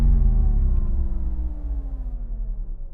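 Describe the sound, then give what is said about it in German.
A motor engine runs steadily out in the wilderness, a low droning rumble with harmonic tones that slowly sink in pitch, holding a continuous loud level throughout with a slight pulsing in the later part. “Wenn das Geräusch des Motors nicht hier wäre und nicht die Geräusche der Wildnis,”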